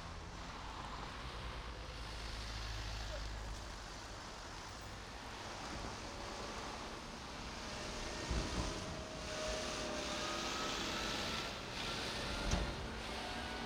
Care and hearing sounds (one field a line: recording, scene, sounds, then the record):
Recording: everyday scene through a hearing-aid microphone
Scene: in traffic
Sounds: traffic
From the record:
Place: main road on the outskirts, rush hour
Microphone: in the ear canal, right